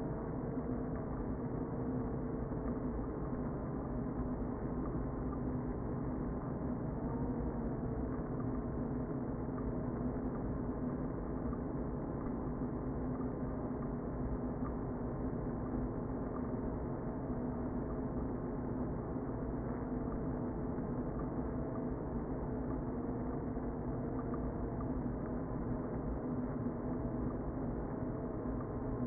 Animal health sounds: honeybee colony, microphone inside the hive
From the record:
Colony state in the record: queen present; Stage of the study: before two queens were removed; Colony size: about 60,000 bees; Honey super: yes

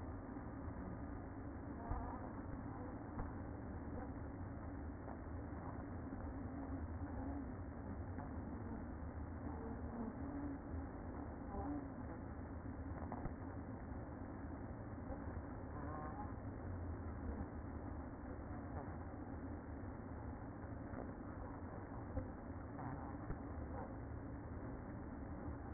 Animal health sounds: honeybee colony, microphone inside the hive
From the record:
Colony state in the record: queen present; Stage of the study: after two queens were removed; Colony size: about 60,000 bees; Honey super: yes

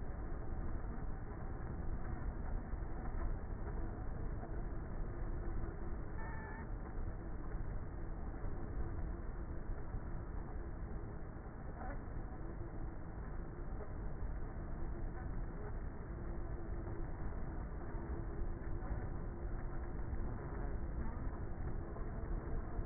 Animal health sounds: honeybee colony, microphone inside the hive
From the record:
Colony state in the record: queenless with a low population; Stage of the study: before two queens were removed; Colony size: about 30,000 bees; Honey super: no

